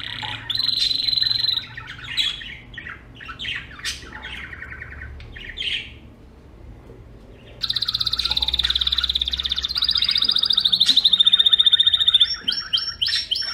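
Bird song in bursts of chirps and short trills, a brief quiet pause, then a long, loud rapid trill.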